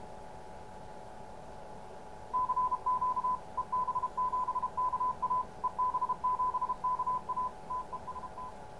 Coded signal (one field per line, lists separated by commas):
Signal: Morse code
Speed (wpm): 31 wpm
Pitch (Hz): 1010 Hz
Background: none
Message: CQ EB7KA EB7KA TEST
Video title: Morse Code Decoder Module. Enclosure Build and Test. Ham Radio. Amateur Radio.